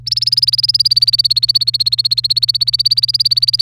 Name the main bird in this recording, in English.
Domestic Canary